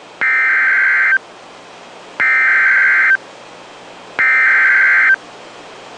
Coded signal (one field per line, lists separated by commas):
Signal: Emergency Alert System (SAME) tones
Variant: header bursts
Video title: Real NOAA Weather Radio EAS Alert #87